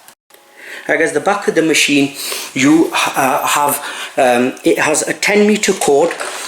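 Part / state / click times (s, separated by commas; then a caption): vacuum accessory tool onto extension wand / seated / 0.1 s, 0.3 s. A cleaning tool is pushed onto the plastic extension wand of a Vax Air Steerable Total Home U88-AM-Te upright vacuum and clicks into place, with two short clicks at 0.1 s and 0.3 s. After that, someone talks for the rest of the clip.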